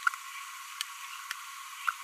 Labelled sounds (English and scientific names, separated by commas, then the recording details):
Green-rumped Parrotlet (Forpus passerinus) babbling
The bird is a female
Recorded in a nest box in Venezuela
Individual 17B42B2